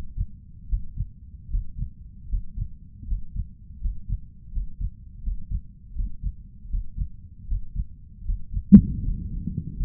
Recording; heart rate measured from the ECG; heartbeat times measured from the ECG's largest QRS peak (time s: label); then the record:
heart sounds by stethoscope; 79 bpm
0.68 s: heartbeat
1.49 s: heartbeat
2.28 s: heartbeat
3.07 s: heartbeat
3.80 s: heartbeat
4.52 s: heartbeat
5.22 s: heartbeat
5.94 s: heartbeat
6.69 s: heartbeat
7.47 s: heartbeat
8.24 s: heartbeat
9.02 s: heartbeat
9.77 s: heartbeat
From the record:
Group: healthy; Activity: Valsalva maneuver 0-8 s, rest 8-10 s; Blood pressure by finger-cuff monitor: 132/74 mmHg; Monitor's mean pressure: 87 mmHg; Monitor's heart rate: 77 bpm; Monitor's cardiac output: 6.9 L/min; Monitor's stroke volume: 88 mL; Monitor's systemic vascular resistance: 910 dyn s/cm5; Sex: male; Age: 23 years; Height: 179 cm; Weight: 87 kg